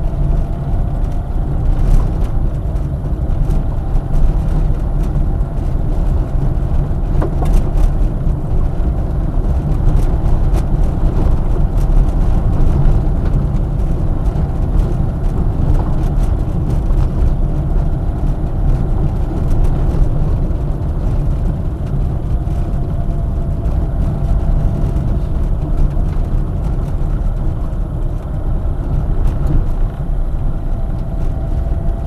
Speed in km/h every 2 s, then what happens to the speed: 31, 32, 33, 33, 33, 34, 33, 31, 32, 30, 29, 29, 27, 24, 27, 27.
0-32 steady at about 31.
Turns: none.